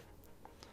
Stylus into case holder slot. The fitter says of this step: and that's it you've also got a spot here on the inside for the S Pen just snaps right into place